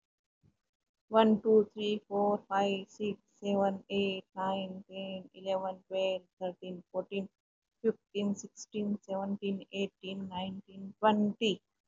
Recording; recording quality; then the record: counting at a normal pace; excellent, no background noise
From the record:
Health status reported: healthy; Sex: female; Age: 56 years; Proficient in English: yes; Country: India